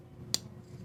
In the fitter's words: All right, so let's listen to getting into the detent here. Ready? Nice clickety, no detent lash.